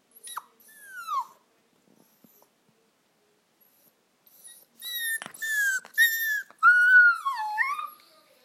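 Dog: puppy crying in high whining yelps, a short descending whimper, a pause, then a burst of several sliding squeals and whines toward the end.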